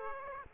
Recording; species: mosquito wingbeat signal from an infrared sensor; Aedes aegypti